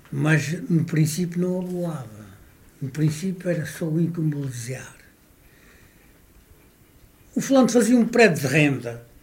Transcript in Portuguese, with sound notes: Mas no princípio não aboava. No princípio, era só economizar. [pausa] O fulano fazia um prédio de renda…